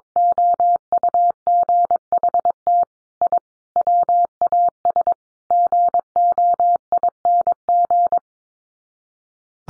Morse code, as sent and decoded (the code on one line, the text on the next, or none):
--- ..- --. .... - / .. / .-- .- ... / --. --- .. -. --.
OUGHT I WAS GOING